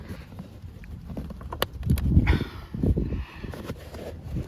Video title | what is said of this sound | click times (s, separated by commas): 2019-2022 Toyota Rav4 leather seat covers installation | with both hands just keep pulling until you hear a click click and that's it move to the other side so grab | 1.6 s